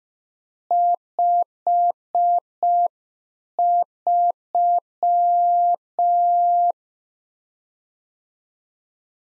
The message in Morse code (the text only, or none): 53